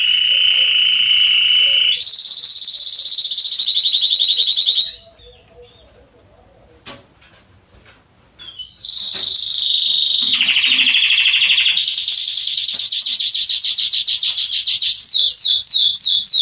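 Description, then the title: Belgian canary song in two bursts of fast trills that step between pitches, separated by a quiet gap with faint clicks. Male Belgian canary singing a lot, to warm up and train young canaries. "Canary Training Esquente Seu Filhote E Canario Belga Macho Cantando Muito CANTO DO CANRIO"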